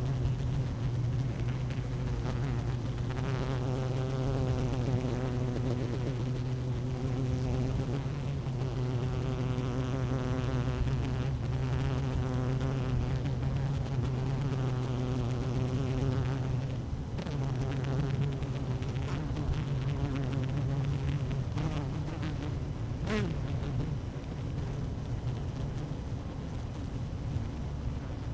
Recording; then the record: honeybee colony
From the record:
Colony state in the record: active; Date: 12 June 2018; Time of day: 12:08